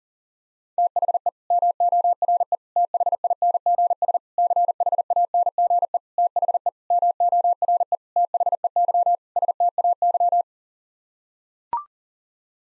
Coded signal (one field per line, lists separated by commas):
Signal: Morse code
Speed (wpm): 40 wpm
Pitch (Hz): 700 Hz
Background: none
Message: THE MORE THINGS CHANGE THE MORE THEY STAY